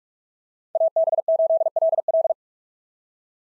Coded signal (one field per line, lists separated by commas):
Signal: Morse code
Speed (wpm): 44 wpm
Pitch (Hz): 650 Hz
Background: none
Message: AB8LL